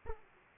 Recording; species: mosquito wingbeat signal from an infrared sensor; Aedes aegypti